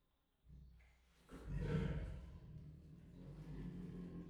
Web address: allathangok miskolcizoo 2018 sziberiai tigris ketnostenytestver miskolczoo